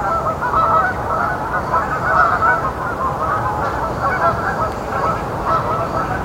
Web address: Ian Hubball Canada Geese